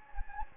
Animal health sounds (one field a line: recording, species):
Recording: mosquito wingbeat signal from an infrared sensor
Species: Anopheles gambiae